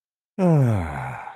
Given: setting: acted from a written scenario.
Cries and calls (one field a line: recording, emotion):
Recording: vocal sound without words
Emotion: contentment